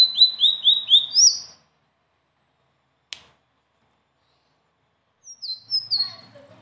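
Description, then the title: Leafbird song: a quick run of high, sweet downslurred whistles, a lone click mid-way, then another burst of sliding notes after a silent pause. Song described as gacor (singing constantly) and ngeroll (rolling delivery) with isian (filler phrases); notes call it masteran, a tutor song. "BURUNG SELENDANG BIRU GACOR NGEROLL ISIAN"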